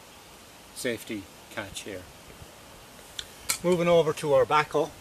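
Someone talks while handling a backup Laplander folding saw, with a couple of sharp handling knocks around 3.2 and 3.5 seconds as the blade is readied to swing open. The blade has not yet locked open in its handle; nothing has seated or clicked yet.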